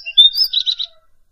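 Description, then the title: Bird song, a brief high whistled note followed by a quick series of buzzy chirps, all within about one second. "LuckyKumpulan SuaraBurung"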